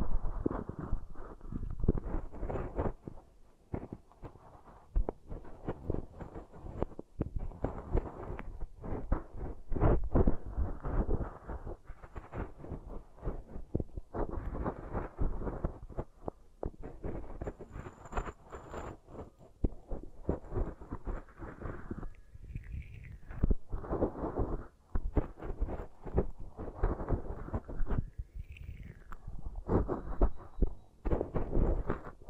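Beeswax is pressed and rubbed in dense, crackling bursts that run almost without pause for the whole half minute, thick in the low and middle range. Around 22 and 28 seconds a short squeaky sliding tone cuts through, and a faint thin whine sits high underneath.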